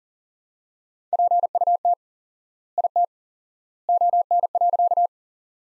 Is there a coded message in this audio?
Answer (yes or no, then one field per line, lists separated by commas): yes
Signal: Morse code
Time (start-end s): 1.1-5.1 s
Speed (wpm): 39 wpm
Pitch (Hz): 700 Hz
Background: none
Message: PUT IT ON.